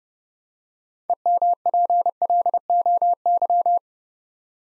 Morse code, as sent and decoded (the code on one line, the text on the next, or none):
. -- .--. .-.. --- -.--
EMPLOY